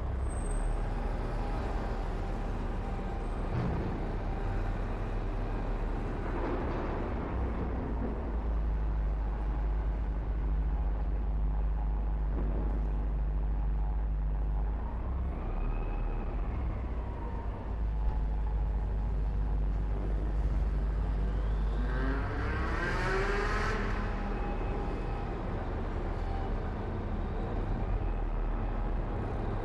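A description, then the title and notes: Steady low traffic rumble with engines passing, a brief rising whine near fifteen seconds and a louder wavering siren-like tone around twenty-three seconds. Automobiles, trucks, construction equipment, mopeds and motorcycles, buses, street sounds and a variety of police and ambulance sirens. The Sounds of Motoring.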